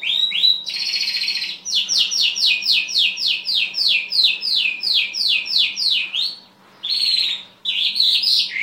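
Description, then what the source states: Bimaculated lark delivering a long rapid series of short descending high notes, broken by buzzy phrases near the end. Recorded in Afghanistan.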